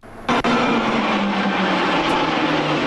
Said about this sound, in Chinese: 上午10:55，伴随着巨大的引擎轰鸣声，四架歼20战机以战斗姿态密集编队掠过航展上空，四机低空盘旋，半筋斗翻转，连续滚转。